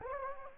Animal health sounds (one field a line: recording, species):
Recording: mosquito wingbeat signal from an infrared sensor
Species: Anopheles gambiae